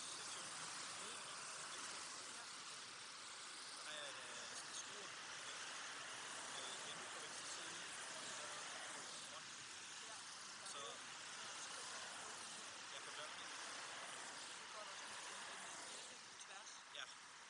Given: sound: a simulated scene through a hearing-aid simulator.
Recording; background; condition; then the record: conversation; traffic; -6 dB SNR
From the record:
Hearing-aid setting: anchor resembling a broken hearing aid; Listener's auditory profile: C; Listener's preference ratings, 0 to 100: 2, 1, 1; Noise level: 75 dB SPL